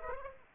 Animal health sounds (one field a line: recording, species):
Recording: mosquito wingbeat signal from an infrared sensor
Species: Aedes aegypti